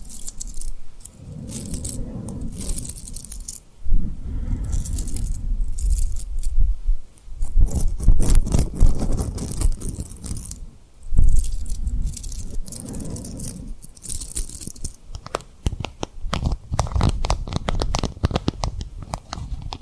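Rhinestone-covered objects are tapped and rubbed in quick, irregular bursts, giving bright clicky rattles and scratchy rubbing. Softer, low rubbing passes alternate with denser stretches of sharp taps, with two louder swells around 4 and 11 seconds.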